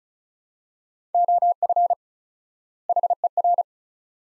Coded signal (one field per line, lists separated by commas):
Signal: Morse code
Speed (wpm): 36 wpm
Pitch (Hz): 700 Hz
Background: none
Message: OF HER